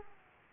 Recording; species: mosquito wingbeat signal from an infrared sensor; Aedes aegypti